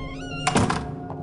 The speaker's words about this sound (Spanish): Gema le hizo un gesto para que se acercase y cerrase la puerta con la mano.